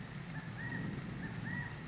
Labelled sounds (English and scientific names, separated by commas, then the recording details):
California Quail (Callipepla californica)
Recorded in Sonoma County, California